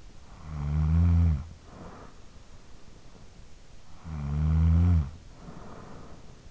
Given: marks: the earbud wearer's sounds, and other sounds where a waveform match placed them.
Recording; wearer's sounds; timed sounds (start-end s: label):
sounds in sleep by an in-ear microphone; snoring breath
0.00-2.62 s: snoring breath
3.69-6.50 s: snoring breath